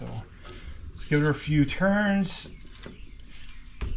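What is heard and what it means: Someone talks while a heavy metal torque converter is handled and rotated a few turns so it can drop into engagement with the transmission pump, with brief knocks near 2.7 s and 3.8 s. Nothing has seated yet; the converter is not yet home in the pump.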